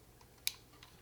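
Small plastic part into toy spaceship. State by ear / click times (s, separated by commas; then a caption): seated / 0.5 s. A small plastic part is pressed into a vintage Kenner toy TIE Fighter spaceship, giving one sharp, bright click at 0.5 s against a quiet background, followed by a fainter tick near 0.8 s. The part clicks into place and is seated.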